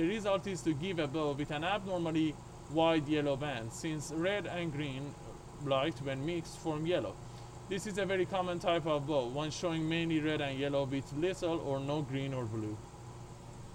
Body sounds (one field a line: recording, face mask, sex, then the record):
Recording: reading aloud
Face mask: surgical mask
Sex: male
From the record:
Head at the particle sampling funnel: tilted up or above it, chin in front of it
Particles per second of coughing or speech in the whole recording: 0.124